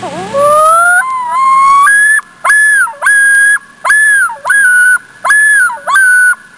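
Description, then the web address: Loon calling: a wailing whistle sweeps upward, then loud falsetto phrases repeat several times, each dipping sharply at its end. "Soundsation. Animals Loons"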